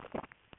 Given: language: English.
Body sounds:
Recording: throat vibration sensor signal played as sound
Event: swallow

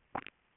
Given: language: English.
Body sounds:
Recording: throat vibration sensor signal played as sound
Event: swallow

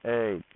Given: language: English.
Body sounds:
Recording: throat vibration sensor signal played as sound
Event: speech

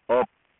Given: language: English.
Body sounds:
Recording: throat vibration sensor signal played as sound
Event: speech

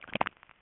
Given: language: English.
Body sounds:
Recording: throat vibration sensor signal played as sound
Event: swallow

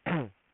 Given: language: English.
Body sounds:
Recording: throat vibration sensor signal played as sound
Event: throat clearing

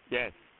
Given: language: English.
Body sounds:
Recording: throat vibration sensor signal played as sound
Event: speech

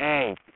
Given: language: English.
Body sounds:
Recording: throat vibration sensor signal played as sound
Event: speech

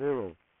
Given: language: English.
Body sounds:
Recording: throat vibration sensor signal played as sound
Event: speech

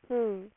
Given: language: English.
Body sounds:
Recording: throat vibration sensor signal played as sound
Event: speech

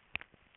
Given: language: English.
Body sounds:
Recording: throat vibration sensor signal played as sound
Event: swallow

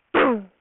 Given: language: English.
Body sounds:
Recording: throat vibration sensor signal played as sound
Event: throat clearing

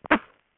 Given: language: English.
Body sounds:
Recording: throat vibration sensor signal played as sound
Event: cough

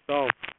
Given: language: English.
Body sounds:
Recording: throat vibration sensor signal played as sound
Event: speech

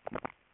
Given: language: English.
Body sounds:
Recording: throat vibration sensor signal played as sound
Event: swallow

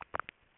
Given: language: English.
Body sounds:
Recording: throat vibration sensor signal played as sound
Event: swallow

